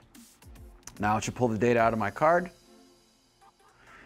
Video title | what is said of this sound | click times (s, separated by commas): Infinity / Evolution / Ion Control Dealer Logo w/ SD Card | Put it all the way until it clicks. | 0.9 s